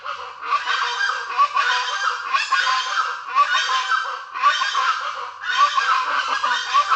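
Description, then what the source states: Birds in a noisy, overlapping chorus of harsh calls, rising in thick surges about once a second with short dips between them. Tropical forest birds, calling in a noisy ruckus at dawn.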